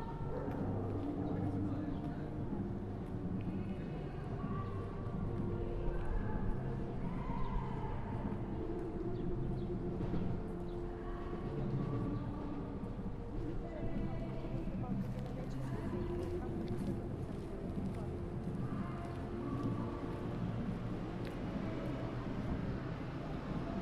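A tram rumbles steadily through a city square, its low drone laced with shifting motor whines and squeals, with voices murmuring.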